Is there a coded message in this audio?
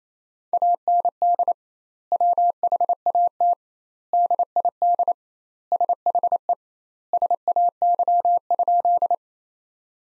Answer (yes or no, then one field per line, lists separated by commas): yes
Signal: Morse code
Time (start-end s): 0.5-9.1 s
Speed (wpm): 27 wpm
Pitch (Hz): 700 Hz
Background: none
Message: AND WHAT DID SHE SAY?